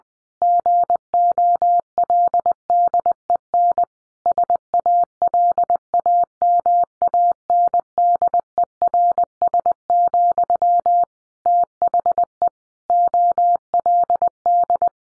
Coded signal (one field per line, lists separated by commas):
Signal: Morse code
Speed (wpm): 19 wpm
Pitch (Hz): 700 Hz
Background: none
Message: GOLDEN SALAMANDERS, THE OLD